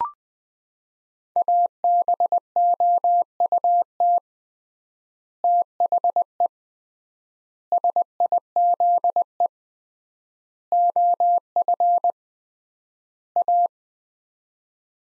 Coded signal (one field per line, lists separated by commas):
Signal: Morse code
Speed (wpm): 20 wpm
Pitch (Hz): 700 Hz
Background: none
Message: ABOUT THE SIZE OF A